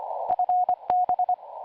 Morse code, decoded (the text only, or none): FB